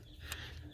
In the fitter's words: solid click nice